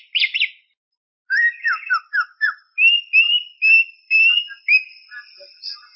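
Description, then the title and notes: Greater green leafbird song of scratchy opening notes followed by a series of sliding whistles and drawn-out clear tones. Champion-quality singing bird. "Kicau Burung Cucak Ijo Juara. Suara kicauan burung cucak ijo"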